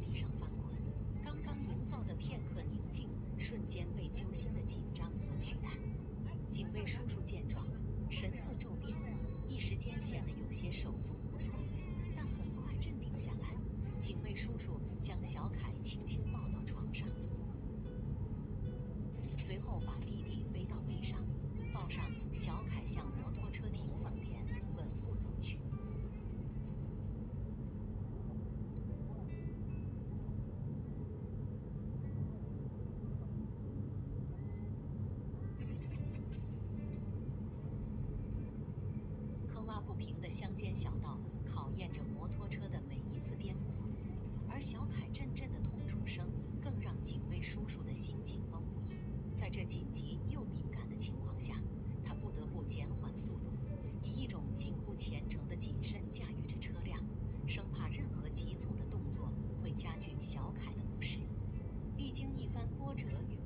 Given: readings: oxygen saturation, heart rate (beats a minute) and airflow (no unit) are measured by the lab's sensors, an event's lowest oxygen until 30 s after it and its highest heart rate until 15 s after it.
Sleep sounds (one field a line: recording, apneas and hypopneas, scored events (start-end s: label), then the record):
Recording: a person awake in a sleep study, by a smartphone at the bedside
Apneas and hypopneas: none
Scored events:
0.00-63.46 s: awake
From the record:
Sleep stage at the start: awake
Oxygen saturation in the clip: 93 to 96%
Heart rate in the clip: 69 to 77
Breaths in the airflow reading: 17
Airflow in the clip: -3.7 to 4.4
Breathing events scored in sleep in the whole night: 131 in 7.2 hours asleep